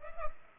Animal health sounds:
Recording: mosquito wingbeat signal from an infrared sensor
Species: Culex pipiens

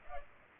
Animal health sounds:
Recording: mosquito wingbeat signal from an infrared sensor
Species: Culex pipiens

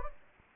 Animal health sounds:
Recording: mosquito wingbeat signal from an infrared sensor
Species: Anopheles gambiae

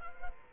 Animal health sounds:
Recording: mosquito wingbeat signal from an infrared sensor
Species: Culex quinquefasciatus

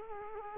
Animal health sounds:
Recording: mosquito wingbeat signal from an infrared sensor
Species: Culex quinquefasciatus

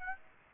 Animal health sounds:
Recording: mosquito wingbeat signal from an infrared sensor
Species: Aedes aegypti

